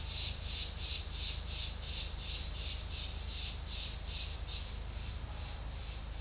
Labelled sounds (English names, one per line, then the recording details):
none
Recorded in secondary vegetation near Puerto Asís, Putumayo, Colombia, on 28 February 2025 at 13:30
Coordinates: 0.484, -76.319
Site G010